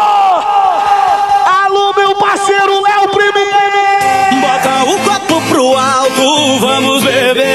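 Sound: crowd shouting and cheering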